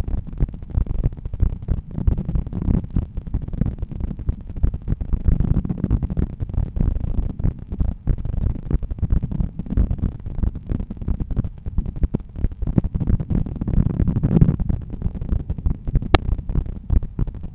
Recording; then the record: heart sounds by stethoscope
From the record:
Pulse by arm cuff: 92 bpm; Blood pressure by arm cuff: 119/79 mmHg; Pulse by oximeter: 92 bpm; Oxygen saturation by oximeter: 97%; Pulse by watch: 94 bpm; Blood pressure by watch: 117/78 mmHg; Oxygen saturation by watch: 95%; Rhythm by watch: sinus rhythm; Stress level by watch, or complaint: medium stress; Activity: after lunch and office activities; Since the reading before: plus 5500 steps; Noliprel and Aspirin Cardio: no pills today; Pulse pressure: 40 mmHg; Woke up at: 7:00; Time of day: 14:03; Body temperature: 36.3 C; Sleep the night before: 8 h 5 min, score 54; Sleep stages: REM 28%, light 57%, deep 5%, awake 10%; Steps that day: 9800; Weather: cloudy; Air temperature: 19.3 C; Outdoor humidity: 74%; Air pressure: 1012 hPa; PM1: 30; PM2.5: 42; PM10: 54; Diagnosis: hypertension, treated with Noliprel and Aspirin Cardio 100 mg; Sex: male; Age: 53 years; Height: 174 cm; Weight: 81 kg